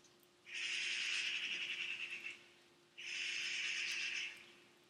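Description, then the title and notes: Bird making two drawn-out, rasping hiss-like screeches, each over a second long, separated by a brief pause, with a low steady hum behind. At the recordist's house. "Weird Bird at my house by Melanie Koeppen"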